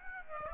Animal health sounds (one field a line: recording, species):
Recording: mosquito wingbeat signal from an infrared sensor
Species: Aedes aegypti